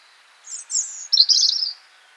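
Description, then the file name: European robin song phrase: very high, thin, fast notes running together into a shimmering trill, over quiet hiss. "Roodborst Erithacus rubecula"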